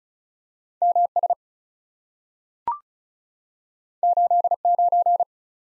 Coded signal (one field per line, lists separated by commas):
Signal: Morse code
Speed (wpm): 36 wpm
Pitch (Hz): 700 Hz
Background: none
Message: MS 89